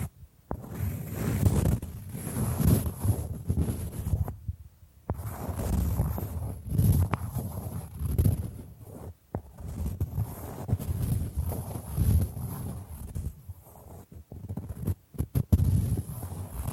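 Bamboo is scratched and brushed in long, dense, rough strokes that rumble low and keep rising and falling in loudness. Short pauses break the rubbing near 4, 9 and 14 seconds, and a few sharp taps snap out around 5, 9 and 15 seconds.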